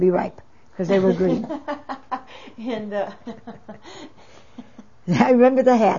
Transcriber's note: laughs